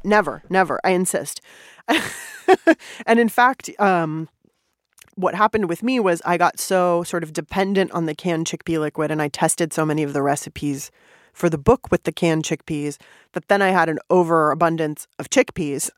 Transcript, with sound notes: And - never, never. I insist (laughter). And in fact, what happened with me was I got so sort of dependent on the canned chickpea liquid and I tested so many of the recipes for the book with the canned chickpeas, that then I had an overabundance of chickpeas...